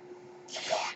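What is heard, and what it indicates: A faint steady hum gives way to a soft, rising rush of air lasting about half a second, like a breath being pushed through tubing. This is the background airflow of a home mechanical ventilator delivering a breath in a quiet room.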